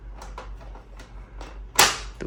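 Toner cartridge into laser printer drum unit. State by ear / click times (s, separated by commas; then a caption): seated / 1.8 s. A new toner cartridge, shaken first, is pushed into the drum unit of a Brother MFC-L2715DW laser printer. Soft handling rustles lead up to a loud, sharp click at 1.8 s as the cartridge locks into place, followed by a faint tick at the end. The cartridge is seated and locked.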